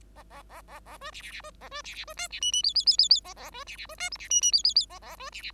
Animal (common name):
Bengalese Finch